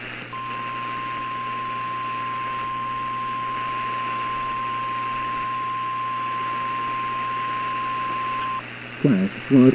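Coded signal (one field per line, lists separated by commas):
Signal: Emergency Alert System (SAME) tones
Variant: 1050 Hz attention tone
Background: speech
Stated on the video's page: Recreation of a flash flood emergency alert.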